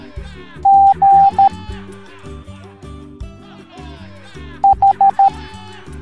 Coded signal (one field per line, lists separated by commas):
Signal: Morse code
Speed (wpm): 13 wpm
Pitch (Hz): 790 Hz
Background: speech, music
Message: G H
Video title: Pirate Teaching the Morse Code Alphabet Educational Video for Kids